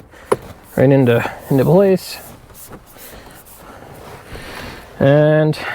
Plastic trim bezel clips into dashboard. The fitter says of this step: push it into place the clips will snap right